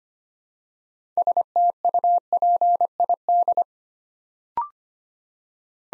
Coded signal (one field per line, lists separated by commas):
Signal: Morse code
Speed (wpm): 25 wpm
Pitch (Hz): 700 Hz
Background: none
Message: STUPID